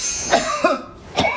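Three brief, crisp cough bursts within about a second and a half, light and clear rather than wet or rattling. In traditional Chinese medicine, a clear, short cough like this marks a cold-phlegm pattern with thin white sputum that comes up easily and feels cool in the mouth, worsening with exposure to cold such as air conditioning.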